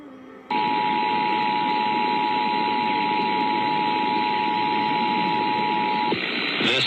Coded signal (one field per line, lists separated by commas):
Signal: Emergency Alert System (SAME) tones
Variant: 853 and 960 Hz attention tone